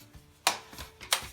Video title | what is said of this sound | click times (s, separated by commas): Bugaboo Fox: Assembly Right Out of the Box | just turn them and one side will click into place the other side will pop back | 0.5 s, 1.1 s